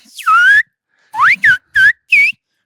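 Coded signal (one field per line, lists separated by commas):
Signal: whistled language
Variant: Silbo Gomero, French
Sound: five short gliding whistles rising and falling in pitch, pause after the first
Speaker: Diego por ejemplo puede ahora mismo silvar Pues no sé bonar Buenas tardes en francés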